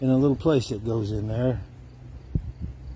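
A replacement rubber o-ring is being handled at the groove of a pressure washer's high-pressure outlet quick-connect, where it gets pressed in a little at a time with the end of a pencil or pen. Someone talks for the first second and a half, then faint handling sounds follow, including a short tap near 2.4 s. Nothing has seated yet.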